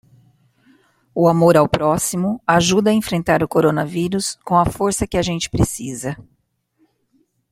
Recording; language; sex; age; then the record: spoken sentence; Brazilian Portuguese; female; 50 to 59 years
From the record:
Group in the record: control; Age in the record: 54 years